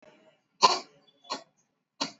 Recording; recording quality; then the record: shallow voluntary cough; excellent, no background noise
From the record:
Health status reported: exposed to COVID-19, no respiratory illness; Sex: female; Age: 54 years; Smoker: no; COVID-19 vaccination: both doses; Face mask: not worn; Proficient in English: yes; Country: India